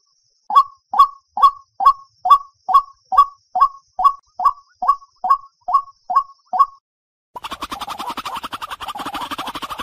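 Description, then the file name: White-breasted waterhen: an even series of short hollow notes, about two per second, then a sudden dense burst of overlapping chattering calls. "Tieng chim quoc keu"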